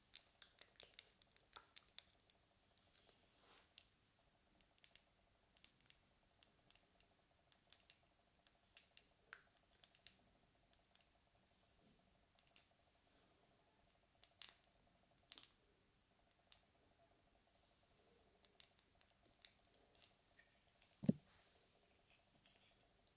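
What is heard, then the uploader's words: Light tapping and scratching, made of small irregular clicks and scrapes scattered through the whole stretch, busiest in the first few seconds. A single sharper, louder knock lands just after twenty seconds. A faint steady hum runs underneath throughout. ASMR Tapping and Scratching for Tingles.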